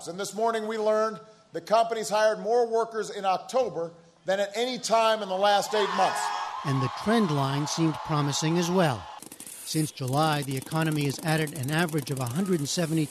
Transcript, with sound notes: And this morning, we learned that companies hired more workers in October than at any time in the last eight months.
(CHEERING AND APPLAUSE)
And the trend line seemed promising as well. Since July, the economy has added an average of